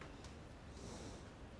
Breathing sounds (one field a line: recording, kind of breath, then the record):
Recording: one breath in and out by a microphone near the nose and mouth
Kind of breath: normal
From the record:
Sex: male